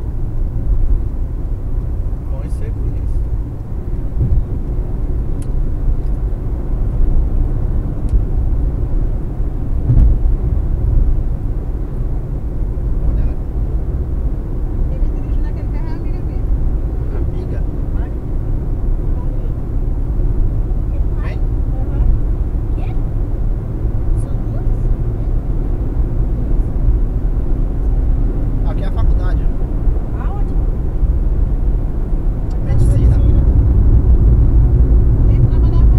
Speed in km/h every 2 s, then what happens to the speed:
98, 101, 106, 109, 110, 106, 107, 108, 109, 110, 113, 116, 119, 122, 121, 118, 115, 111.
0-7 speeds up to 110. 7-18 steady at about 108. 18-26 speeds up to 122. 26-36 slows to 111.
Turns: none.